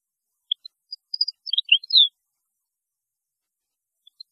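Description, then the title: European goldfinch twittering, scattered high notes building into a quick burst of chirps ending on a slurred falling note, then near silence. "Chant Chardonneret"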